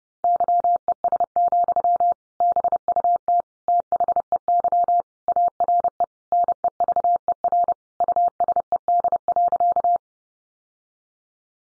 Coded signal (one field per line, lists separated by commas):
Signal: Morse code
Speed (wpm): 30 wpm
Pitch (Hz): 700 Hz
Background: none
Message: YES, BUT THEY ARE NEVER USED.